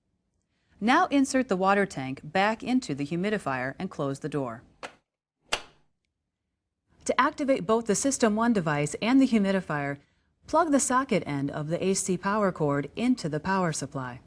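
Someone talks while the water tank is slid back into the humidifier of a Philips Respironics System One CPAP, and the plastic humidifier door is closed onto the humidifier housing. One sharp click comes at 5.5 s as the door latches and seats, and then the talking continues.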